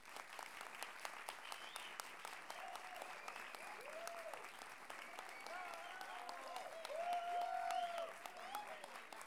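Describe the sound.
On a count of three, a crowd claps together in a dense, steady burst of applause lasting several seconds, with faint voices and a few scattered calls rising over the clapping near the end.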